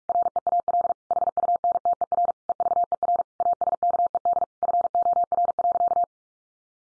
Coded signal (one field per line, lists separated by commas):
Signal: Morse code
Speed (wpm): 44 wpm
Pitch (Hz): 700 Hz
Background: none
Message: REAL HUNTER EVER ASKED FOR.